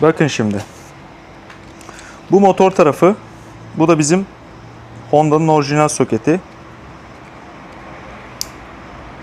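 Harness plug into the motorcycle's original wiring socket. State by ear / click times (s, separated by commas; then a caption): seated / 8.4 s. A wiring harness plug is pushed into the original Honda wiring socket of a Honda NC750X motorcycle while someone talks over quiet background hiss. After the talking stops, a single sharp click sounds at 8.4 s as the plug seats, and the connection is secure.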